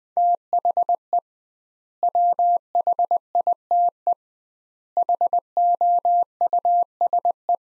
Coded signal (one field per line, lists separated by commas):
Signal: Morse code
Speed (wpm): 20 wpm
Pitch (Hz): 700 Hz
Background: none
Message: THE WHITE HOUSE